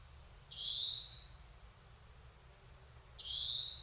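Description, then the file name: European greenfinch giving two long, nasal, rising wheezes with a quiet pause between them. "Chloris chloris"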